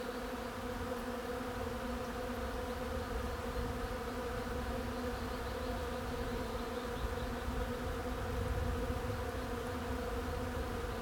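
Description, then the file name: Bees droning in a continuous, level buzzing hum with a low rumbling undertone and no pauses. "abeilles"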